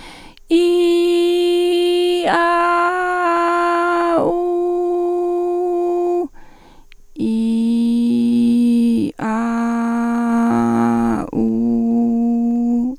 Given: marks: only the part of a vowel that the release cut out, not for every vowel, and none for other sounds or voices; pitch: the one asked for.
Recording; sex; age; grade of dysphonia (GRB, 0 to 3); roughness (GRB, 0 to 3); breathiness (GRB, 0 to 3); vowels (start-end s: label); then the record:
sustained vowels; female; 40 to 49 years; 2; 1; 2
0.58-2.18 s: vowel /i/, high pitch
2.39-4.06 s: vowel /a/, high pitch
4.35-6.17 s: vowel /u/, high pitch
7.28-8.95 s: vowel /i/, low pitch
9.26-11.10 s: vowel /a/, low pitch
11.41-12.79 s: vowel /u/, low pitch
From the record:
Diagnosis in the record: recurrent laryngeal nerve paralysis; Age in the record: 41 years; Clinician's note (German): Links paramedian, mit beginnender phonatorischer Kompensation